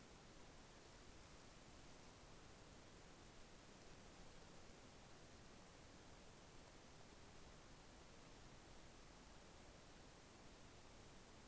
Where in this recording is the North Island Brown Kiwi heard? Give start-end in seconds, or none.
none